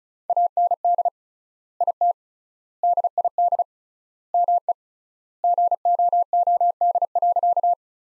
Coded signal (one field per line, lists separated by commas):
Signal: Morse code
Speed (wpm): 36 wpm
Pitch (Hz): 700 Hz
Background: none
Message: AND IT DID ME GOOD.